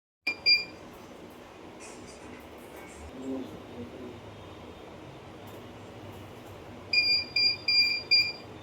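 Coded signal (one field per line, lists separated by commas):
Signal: alarm pattern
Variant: CP Plus DVR buzzer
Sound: high electronic buzzer beeps repeating, one early then four evenly spaced beeps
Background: quiet room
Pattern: 4 short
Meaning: No hard disk is installed in the DVR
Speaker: यह देखो हमारा यह डीवीआर है और डीवीआर में अभी हार्ड डिस्क नहीं लगा हुआ है और यहां डिस्प्ले पर भी आप चेक कर सकते हो। नो डिस्क लिखा हुआ है जिसके कारण यह बिप साउंड दे रहा है।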